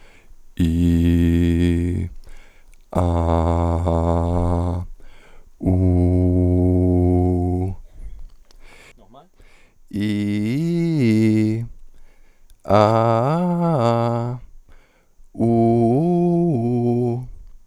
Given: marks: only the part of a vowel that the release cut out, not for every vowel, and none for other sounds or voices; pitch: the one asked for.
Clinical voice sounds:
sustained vowels; male; 30 to 39 years; 1; 0; 0
0.65-1.94 s: vowel /i/, low pitch
3.01-4.65 s: vowel /a/, low pitch
5.71-7.59 s: vowel /u/, low pitch
10.02-11.53 s: vowel /i/, low-high-low pitch
12.75-14.18 s: vowel /a/, low-high-low pitch
15.46-17.07 s: vowel /u/, low-high-low pitch
From the record:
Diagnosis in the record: hyperfunctional dysphonia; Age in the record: 31 years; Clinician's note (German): Ponogen

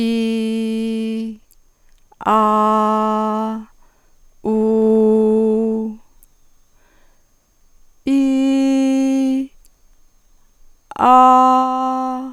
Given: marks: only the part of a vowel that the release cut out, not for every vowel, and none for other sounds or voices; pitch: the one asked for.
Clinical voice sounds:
sustained vowels; female; 60 to 69 years; 0; 0; 0
0.00-1.22 s: vowel /i/, normal pitch
2.31-3.49 s: vowel /a/, normal pitch
4.49-5.74 s: vowel /u/, normal pitch
8.14-9.35 s: vowel /i/, high pitch
11.20-12.13 s: vowel /a/, high pitch
From the record:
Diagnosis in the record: functional dysphonia, dysodia (singing voice disorder); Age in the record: 60 years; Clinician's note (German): Mit Trend zur Hyperfunktion

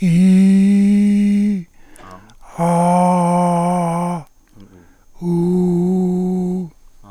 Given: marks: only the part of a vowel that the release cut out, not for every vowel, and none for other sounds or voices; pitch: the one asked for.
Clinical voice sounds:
sustained vowels; male; 60 to 69 years; 3; 2; 3
0.79-1.48 s: vowel /i/, low pitch
2.66-4.00 s: vowel /a/, low pitch
5.58-6.25 s: vowel /u/, low pitch
From the record:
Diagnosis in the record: cordectomy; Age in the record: 67 years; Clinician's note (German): Zustand danach, links, schönes Narbenstimmband mit phonatorischem Stillstand

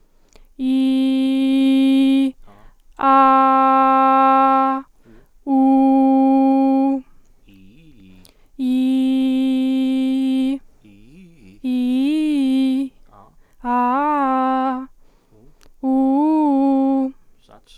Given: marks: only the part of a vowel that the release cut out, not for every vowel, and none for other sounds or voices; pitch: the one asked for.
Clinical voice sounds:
sustained vowels; female; 20 to 29 years; 0; 0; 0
0.79-2.15 s: vowel /i/, low pitch
3.19-4.63 s: vowel /a/, low pitch
5.66-6.86 s: vowel /u/, low pitch
11.79-12.75 s: vowel /i/, low-high-low pitch
13.74-14.73 s: vowel /a/, low-high-low pitch
15.94-17.02 s: vowel /u/, low-high-low pitch
From the record:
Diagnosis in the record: healthy voice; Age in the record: 20 years

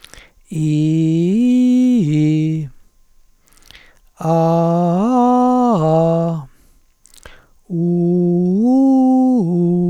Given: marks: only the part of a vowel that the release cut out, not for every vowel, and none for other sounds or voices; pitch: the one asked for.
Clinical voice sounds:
sustained vowels; male; 60 to 69 years; 2; 2; 2
0.75-1.96 s: vowel /i/, low-high-low pitch
4.66-6.11 s: vowel /a/, low-high-low pitch
8.07-9.36 s: vowel /u/, low-high-low pitch
From the record:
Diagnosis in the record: hypotonic dysphonia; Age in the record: 62 years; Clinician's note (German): Phonasthenisch mit verlängerter Schlußphase im hintern Drittel

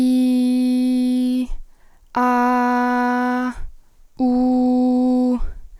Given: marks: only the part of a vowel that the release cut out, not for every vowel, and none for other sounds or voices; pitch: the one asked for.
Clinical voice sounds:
sustained vowels; female; 18 to 19 years; 0; 0; 0
0.00-1.38 s: vowel /i/, normal pitch
2.22-3.43 s: vowel /a/, normal pitch
4.25-5.31 s: vowel /u/, normal pitch
From the record:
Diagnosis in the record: healthy voice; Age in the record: 19 years

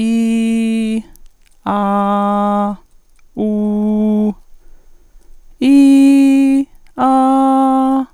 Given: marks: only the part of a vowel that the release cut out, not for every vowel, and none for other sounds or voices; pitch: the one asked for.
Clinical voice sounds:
sustained vowels; female; 50 to 59 years; 0; 0; 0
0.00-0.93 s: vowel /i/, normal pitch
1.78-2.67 s: vowel /a/, normal pitch
3.43-4.27 s: vowel /u/, normal pitch
5.73-6.59 s: vowel /i/, high pitch
7.12-7.96 s: vowel /a/, high pitch
From the record:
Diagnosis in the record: functional dysphonia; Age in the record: 51 years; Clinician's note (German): Globus pharyngis, z.B. Struma, stoboskopisch o.B.

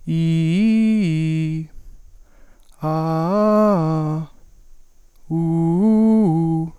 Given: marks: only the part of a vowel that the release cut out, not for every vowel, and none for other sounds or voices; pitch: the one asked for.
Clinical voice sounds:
sustained vowels; male; 20 to 29 years; 0; 0; 0
0.22-1.42 s: vowel /i/, low-high-low pitch
2.97-4.12 s: vowel /a/, low-high-low pitch
5.44-6.56 s: vowel /u/, low-high-low pitch
From the record:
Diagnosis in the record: healthy voice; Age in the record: 21 years

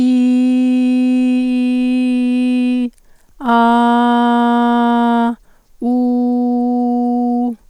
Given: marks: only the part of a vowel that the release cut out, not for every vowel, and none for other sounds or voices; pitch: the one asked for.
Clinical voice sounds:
sustained vowels; female; 40 to 49 years; 0; 0; 0
0.00-1.92 s: vowel /i/, normal pitch
3.57-5.21 s: vowel /a/, normal pitch
5.90-7.42 s: vowel /u/, normal pitch
From the record:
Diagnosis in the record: hyperfunctional dysphonia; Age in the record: 44 years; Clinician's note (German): Tendenz dazu

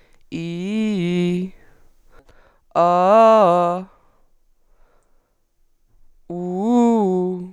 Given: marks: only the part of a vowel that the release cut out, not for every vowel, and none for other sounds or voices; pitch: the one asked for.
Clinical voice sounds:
sustained vowels; female; 20 to 29 years; 1; 1; 0
0.44-1.36 s: vowel /i/, low-high-low pitch
2.90-3.72 s: vowel /a/, low-high-low pitch
6.42-7.32 s: vowel /u/, low-high-low pitch
From the record:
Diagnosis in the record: healthy voice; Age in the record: 22 years

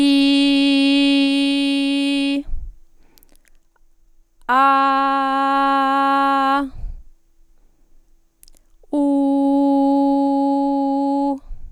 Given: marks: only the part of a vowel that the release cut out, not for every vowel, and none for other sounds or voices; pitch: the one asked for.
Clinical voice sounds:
sustained vowels; female; 40 to 49 years; 0; 0; 0
0.00-2.19 s: vowel /i/, normal pitch
4.74-6.43 s: vowel /a/, normal pitch
9.26-11.20 s: vowel /u/, normal pitch
From the record:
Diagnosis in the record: healthy voice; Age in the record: 42 years

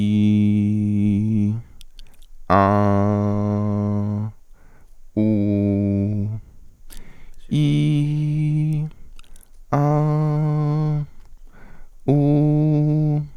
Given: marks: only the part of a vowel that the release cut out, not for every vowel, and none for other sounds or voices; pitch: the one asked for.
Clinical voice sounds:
sustained vowels; male; 20 to 29 years; 1; 0; 0
0.00-1.36 s: vowel /i/, normal pitch
2.73-4.05 s: vowel /a/, normal pitch
5.25-6.18 s: vowel /u/, normal pitch
7.68-8.60 s: vowel /i/, high pitch
9.90-10.88 s: vowel /a/, high pitch
12.19-13.11 s: vowel /u/, high pitch
From the record:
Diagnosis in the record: healthy voice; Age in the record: 21 years

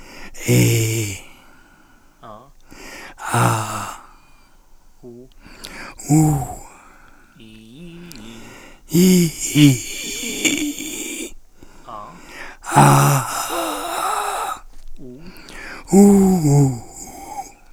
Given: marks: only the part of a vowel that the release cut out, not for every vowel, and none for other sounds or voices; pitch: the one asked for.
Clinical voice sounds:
sustained vowels; male; 60 to 69 years; 3; 3; 3
0.52-1.10 s: vowel /i/, low pitch
6.04-6.62 s: vowel /u/, low pitch
9.67-11.09 s: vowel /i/, low-high-low pitch
12.95-14.42 s: vowel /a/, low-high-low pitch
15.97-17.37 s: vowel /u/, low-high-low pitch
From the record:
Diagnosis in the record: recurrent laryngeal nerve paralysis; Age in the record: 66 years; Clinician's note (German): Frischer Zustand nach beidseitiger laserchirurgischer Erweiterung der Glottis

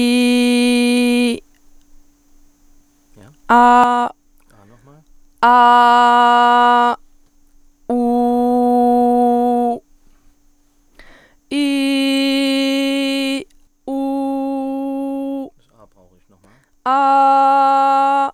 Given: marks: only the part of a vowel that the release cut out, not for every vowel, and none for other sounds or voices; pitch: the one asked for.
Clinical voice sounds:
sustained vowels; female; 20 to 29 years; 0; 0; 0
0.00-0.94 s: vowel /i/, normal pitch
5.50-6.83 s: vowel /a/, normal pitch
8.31-9.36 s: vowel /u/, normal pitch
11.64-13.29 s: vowel /i/, high pitch
14.15-14.83 s: vowel /u/, high pitch
16.96-18.19 s: vowel /a/, high pitch
From the record:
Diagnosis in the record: healthy voice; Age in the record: 21 years

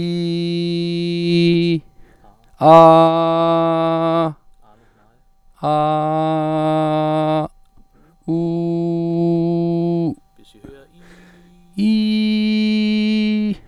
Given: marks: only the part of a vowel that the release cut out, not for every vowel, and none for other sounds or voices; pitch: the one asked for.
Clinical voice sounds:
sustained vowels; male; 40 to 49 years; 1; 0; 0
0.00-1.66 s: vowel /i/, normal pitch
5.72-7.36 s: vowel /a/, normal pitch
8.41-9.98 s: vowel /u/, normal pitch
11.84-13.38 s: vowel /i/, high pitch
From the record:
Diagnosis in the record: healthy voice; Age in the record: 41 years

